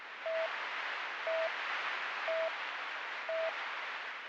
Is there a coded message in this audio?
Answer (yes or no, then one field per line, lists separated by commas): no